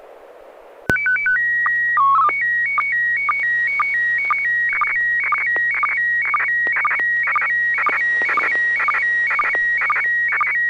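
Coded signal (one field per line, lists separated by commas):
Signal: SSTV (slow-scan television)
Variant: PD 120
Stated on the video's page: SSTV images exchanged on a weekly amateur net via an FM repeater on 441.300 MHz in Sacramento, California.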